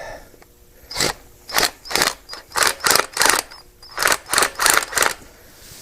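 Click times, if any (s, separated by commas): 2.9 s, 3.0 s, 3.3 s, 4.1 s, 4.7 s, 4.8 s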